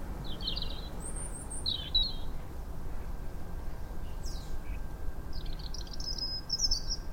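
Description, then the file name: European robin producing high, tinkling song phrases, several bursts early and a longer twittering run near the end, with low background rumble. "Erithacus rubecula"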